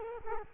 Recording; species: mosquito wingbeat signal from an infrared sensor; Culex quinquefasciatus